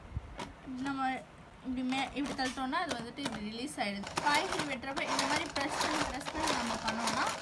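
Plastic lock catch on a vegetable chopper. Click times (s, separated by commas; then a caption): 0.4 s. The plastic locking catch on the lid of a manual vegetable chopper is pressed down and clicks shut at 0.4 seconds, locking the lid. A woman talks throughout the rest of the clip.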